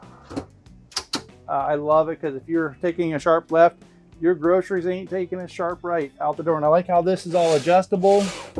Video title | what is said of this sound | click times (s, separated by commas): 2024 Newmar Mountain Aire 3825 - 17N253228 $539,999 | To unlock it, you just push on it and that'll pull it out. | 1.0 s, 1.1 s